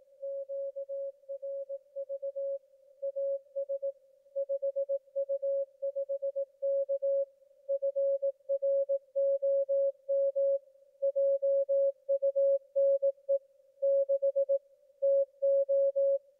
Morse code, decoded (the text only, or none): QRV AS 5U5K FROM JUNE 6 TO